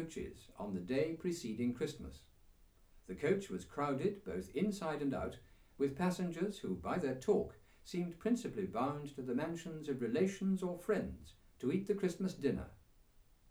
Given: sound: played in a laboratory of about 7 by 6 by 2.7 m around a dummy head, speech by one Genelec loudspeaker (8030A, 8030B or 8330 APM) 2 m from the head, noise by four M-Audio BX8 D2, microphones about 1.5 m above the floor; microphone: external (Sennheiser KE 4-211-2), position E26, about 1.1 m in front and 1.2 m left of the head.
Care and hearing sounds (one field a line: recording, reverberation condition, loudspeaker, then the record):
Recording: male speech in English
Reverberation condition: low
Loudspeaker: 120 degrees to the left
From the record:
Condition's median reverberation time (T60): about 310 ms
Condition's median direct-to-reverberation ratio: about 3.5 dB